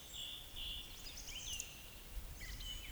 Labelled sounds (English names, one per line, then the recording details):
Eurasian Woodcock whistle
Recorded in Baden-Württemberg, Germany, on 11 June 2021 at 19:42 UTC
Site 24608, 624 m above sea level